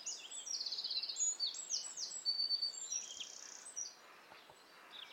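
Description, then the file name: Eurasian wren song, a high, fast run of trills and sharp notes that fades after a few seconds, over constant hissing background noise. "Troglodytes troglodytes"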